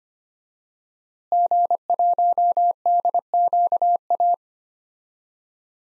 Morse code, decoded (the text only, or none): G1DQA